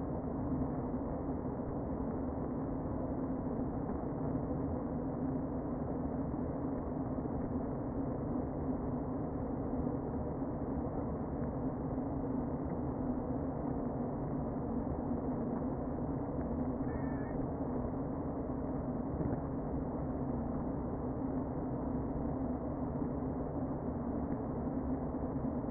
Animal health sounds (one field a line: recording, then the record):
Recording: honeybee colony, microphone inside the hive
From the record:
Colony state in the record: queen present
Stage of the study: before two queens were removed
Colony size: about 60,000 bees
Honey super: yes